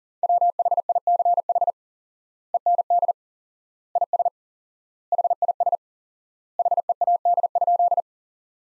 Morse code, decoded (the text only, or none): WHICH END IS HIS HEAD?